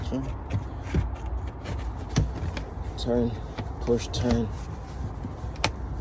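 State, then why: Seated. While reassembling an Audi Q5 SUV trunk after clearing the drain tubes, a twist-lock fastener is turned, pushed and turned into the trunk trim panel as someone talks. A single sharp click at 5.6 s marks the fastener locking home, seated.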